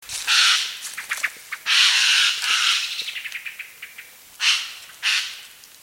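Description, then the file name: Eurasian jay giving harsh, rasping screeches, one early burst, one long double burst near two seconds and two short ones at the end, with faint ticking notes between. "Garrulus glandarius"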